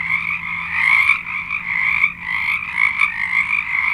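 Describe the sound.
Frog chorus, dense rattling trills overlapping without pause, with brief dips and swells and a faint low hum beneath.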